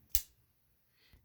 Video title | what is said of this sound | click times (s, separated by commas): Covert Ops ZA05- T-BK part 2 | does snap into place so if i hold this upside down okay | 0.2 s